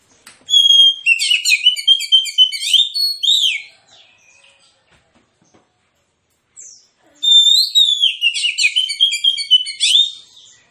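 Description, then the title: Oriental magpie-robin song: two loud bursts of rapid, varied whistles and buzzy chattering notes, each about three seconds long, separated by a quiet pause. Kacer with aggressive fighting song full of 'tembakan' bursts; titled as therapy for reluctant singers. "Kacer Langsung Tarung Konslet KACER NGOTOT FULL TEMBAKAN. Kicau Kacer santaiterapi Kacer males bunyi"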